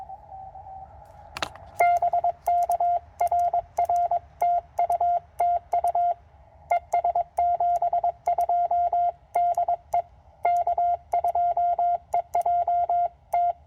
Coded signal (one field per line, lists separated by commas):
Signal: Morse code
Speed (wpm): 22 wpm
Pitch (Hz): 700 Hz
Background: radio noise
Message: BK RR TU TU ES 72 DE K2EJT